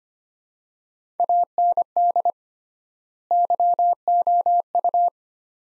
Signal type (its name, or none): Morse code